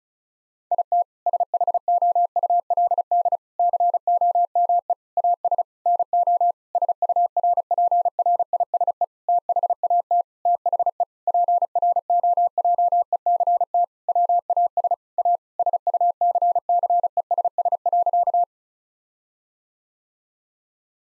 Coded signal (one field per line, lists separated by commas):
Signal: Morse code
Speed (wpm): 34 wpm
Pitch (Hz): 700 Hz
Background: none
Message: IT SHOULD COME AS NO SURPRISE THAT THE PROJECT WAS A SUCCESS.